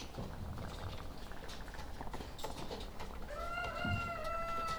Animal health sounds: poultry house recording; sick chickens (respiratory disease)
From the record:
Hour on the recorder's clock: 17

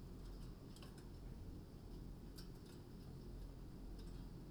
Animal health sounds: poultry house recording; no chicken sound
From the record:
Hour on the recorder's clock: 21

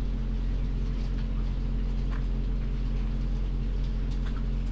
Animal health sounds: poultry house recording; sick chickens (respiratory disease)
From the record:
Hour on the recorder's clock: 0

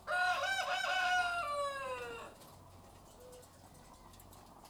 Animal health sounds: poultry house recording; sick chickens (respiratory disease)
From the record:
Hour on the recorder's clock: 13

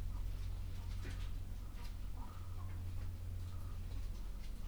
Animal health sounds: poultry house recording; sick chickens (respiratory disease)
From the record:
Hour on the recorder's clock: 11

